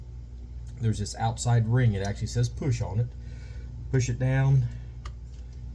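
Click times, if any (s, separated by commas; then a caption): 5.1 s. Someone talks while pushing down the outer ring of a Bohning cauldron-style fletching jig and seating a small target arrow shaft into its holder. A sharp, short tick at 5.1 s marks the arrow snapping into place, where it is held upright.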